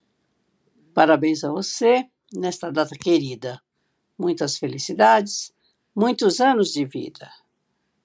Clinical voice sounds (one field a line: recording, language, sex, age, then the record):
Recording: short text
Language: Brazilian Portuguese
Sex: female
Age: 60 to 69 years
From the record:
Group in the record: control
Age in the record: 63 years